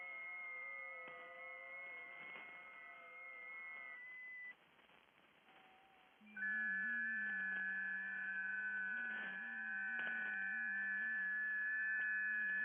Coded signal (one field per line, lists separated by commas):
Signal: FT8